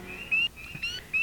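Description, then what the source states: Spring peeper: clear, high, rising peeps, a few in succession. Found in spring in all kinds of wetlands, not just vernal pools.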